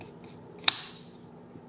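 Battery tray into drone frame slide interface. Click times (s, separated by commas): 0.7 s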